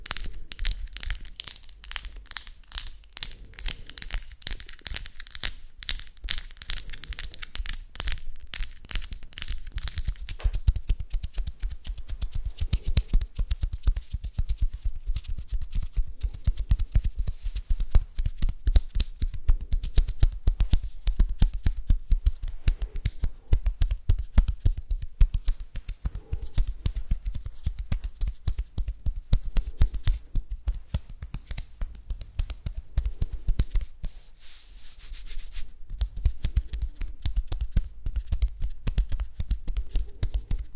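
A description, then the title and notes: Hands rub, brush and move with a dense, rapid run of small clicks and rustles that continues for the whole stretch. The first ten seconds carry a brighter hissing scrape, and a short sharp burst of friction stands out around thirty-five seconds. ASMR HAND SOUNDS and HAND MOVEMENTS.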